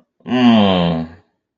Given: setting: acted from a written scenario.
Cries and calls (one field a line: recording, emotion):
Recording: vocal sound without words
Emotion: guilt